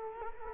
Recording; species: mosquito wingbeat signal from an infrared sensor; Culex quinquefasciatus